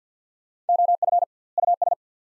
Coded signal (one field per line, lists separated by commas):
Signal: Morse code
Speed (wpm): 50 wpm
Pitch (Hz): 700 Hz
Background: none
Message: OF US